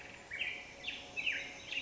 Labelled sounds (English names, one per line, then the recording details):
Black-headed Grosbeak
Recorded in Sonoma County, California